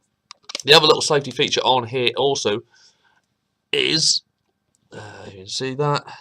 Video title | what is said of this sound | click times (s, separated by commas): Ehpro Evok 80 mod | goes in there and then you just push it closed till you hear that first click and then you press down and that will lock into place | 0.3 s